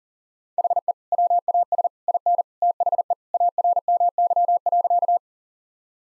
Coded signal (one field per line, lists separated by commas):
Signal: Morse code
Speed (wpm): 40 wpm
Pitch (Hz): 700 Hz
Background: none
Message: HE WAS IN THE ARMY.